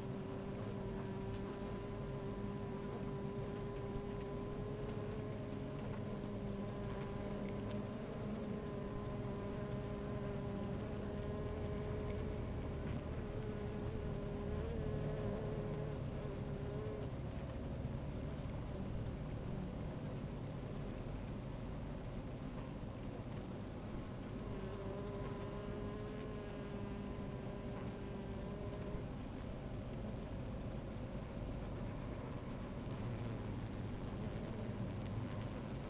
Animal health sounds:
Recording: honeybee colony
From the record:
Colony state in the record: active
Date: 28 July 2017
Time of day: 12:40

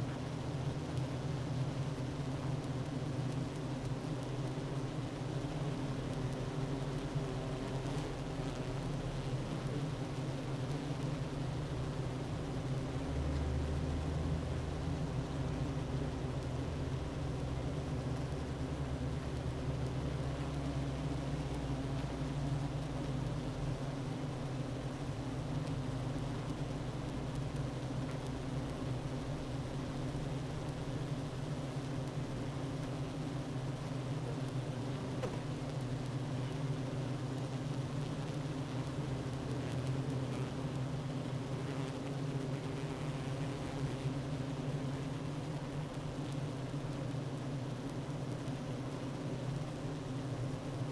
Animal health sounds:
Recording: honeybee colony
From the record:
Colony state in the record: active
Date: 12 June 2018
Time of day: 9:33

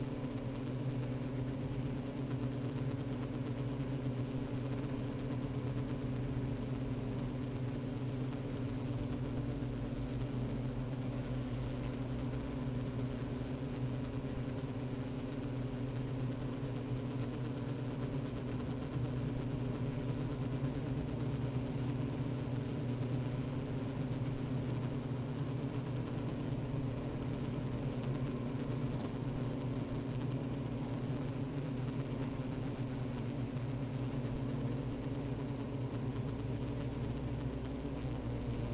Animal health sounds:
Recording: honeybee colony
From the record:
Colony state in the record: active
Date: 28 July 2017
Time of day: 15:40

